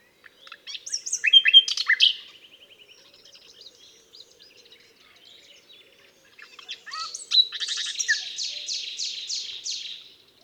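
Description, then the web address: Common nightingale song: two loud phrases of varied whistles and clicks, the second ending in a fast, evenly repeated series of rich notes, with a quiet gap between. "SETE data Luscinia megarhynchos"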